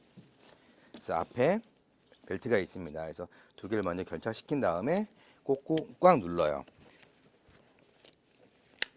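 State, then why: Seated. Someone talks while the two harness tongues of a baby seat are joined and pressed firmly into its buckle. At 8.8 s the buckle latches with a single sharp click, showing it has seated correctly.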